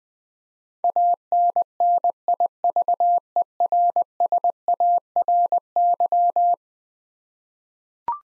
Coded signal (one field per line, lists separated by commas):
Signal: Morse code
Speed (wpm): 20 wpm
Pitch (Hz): 700 Hz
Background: none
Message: ANNIVERSARY